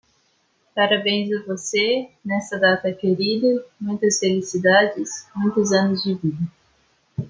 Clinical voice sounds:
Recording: short text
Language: Brazilian Portuguese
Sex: female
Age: 18 to 19 years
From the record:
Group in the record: control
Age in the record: 19 years

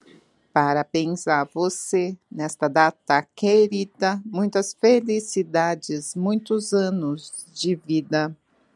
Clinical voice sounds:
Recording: short text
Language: Brazilian Portuguese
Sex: female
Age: 40 to 49 years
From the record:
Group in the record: control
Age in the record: 47 years

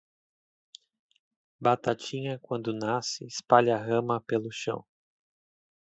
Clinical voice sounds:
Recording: short text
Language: Brazilian Portuguese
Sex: male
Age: 20 to 29 years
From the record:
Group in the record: control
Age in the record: 26 years

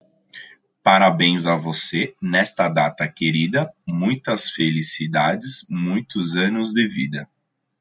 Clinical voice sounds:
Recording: short text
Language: Brazilian Portuguese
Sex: male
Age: 20 to 29 years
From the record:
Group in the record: control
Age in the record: 28 years

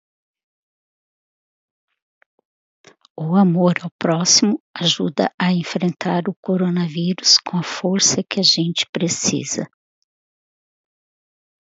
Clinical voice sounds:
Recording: spoken sentence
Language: Brazilian Portuguese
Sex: female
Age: 50 to 59 years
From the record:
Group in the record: control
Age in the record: 52 years

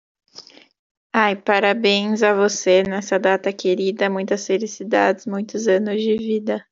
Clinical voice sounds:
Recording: short text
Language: Brazilian Portuguese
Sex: female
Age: 20 to 29 years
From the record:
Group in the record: control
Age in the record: 22 years

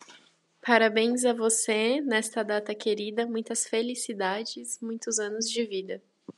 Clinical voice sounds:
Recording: short text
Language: Brazilian Portuguese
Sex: female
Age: 20 to 29 years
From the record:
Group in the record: control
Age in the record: 22 years

